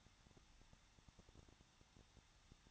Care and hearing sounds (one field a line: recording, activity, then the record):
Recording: daily activity, microphone in the room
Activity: no activity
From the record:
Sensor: 3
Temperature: 21.2 degrees Celsius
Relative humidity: 36.3%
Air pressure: 1006.3 hPa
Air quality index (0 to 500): 222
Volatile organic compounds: 41 ppm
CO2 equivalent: 3166 ppm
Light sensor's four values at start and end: 2/3/2/2 and 2/3/2/2